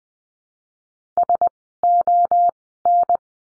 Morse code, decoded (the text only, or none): SON